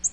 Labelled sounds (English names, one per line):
Nashville Warbler flight call